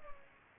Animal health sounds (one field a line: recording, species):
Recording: mosquito wingbeat signal from an infrared sensor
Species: Culex pipiens